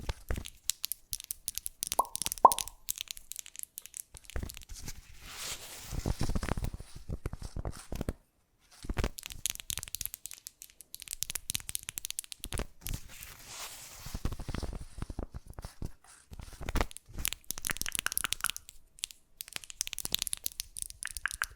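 Fast, unpredictable ASMR triggers: bursts of crisp tearing, crinkling and crunching that start and stop abruptly, with short silent gaps between them. The textures shift every second or two, some dense and hissy, others sparse clicks and taps, including a brief tone near 2.5 seconds.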